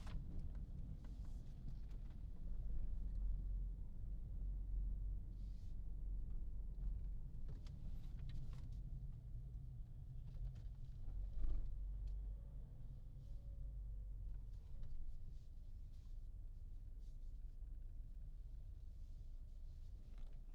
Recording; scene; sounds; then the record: everyday scene through a hearing-aid microphone; in a vehicle; engine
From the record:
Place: Berlingo II, diesel engine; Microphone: in the ear canal, left